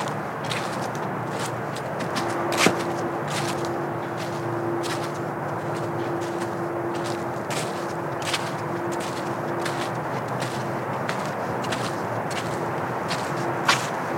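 A walk on a trail through the woods, with sharp snaps and crunching steps over a steady low hum that fades in and out.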